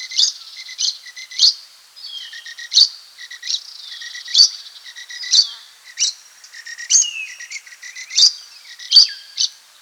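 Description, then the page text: Rufous babbler calls: a busy series of sharp, chattering high notes with lower whistled phrases, bursts recurring throughout. "Rufous Babbler Calls. Quick Sounds"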